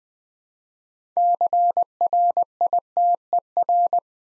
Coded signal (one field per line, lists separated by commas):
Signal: Morse code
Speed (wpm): 20 wpm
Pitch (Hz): 700 Hz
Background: none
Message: CRITER